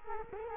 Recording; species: mosquito wingbeat signal from an infrared sensor; Culex quinquefasciatus